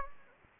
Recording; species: mosquito wingbeat signal from an infrared sensor; Anopheles gambiae